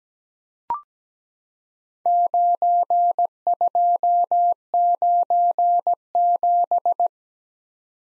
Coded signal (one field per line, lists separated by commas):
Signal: Morse code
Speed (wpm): 17 wpm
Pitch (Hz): 700 Hz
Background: none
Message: 9297